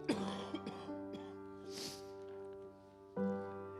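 A few short, sharp coughs from an adult man in the middle of a sermon, with a steady tonal hum in a small room.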